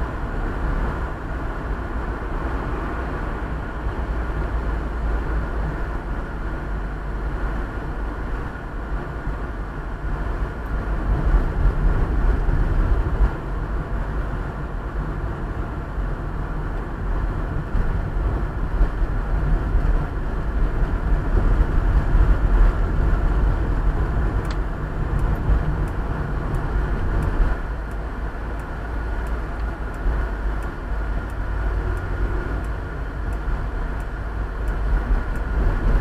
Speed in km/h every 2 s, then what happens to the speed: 57, 57, 54, 49, 45, 45, 44, 44, 44, 42, 39, 39, 41, 41, 42, 41, 41, 41.
0-8 slows to 45. 8-36 steady at about 41.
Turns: none.